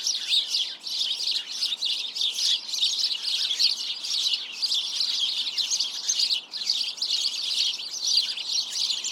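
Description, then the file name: House sparrows chattering in a crowded chorus, overlapping chirps pulsing in loose bursts with brief lulls. "Passer domesticus"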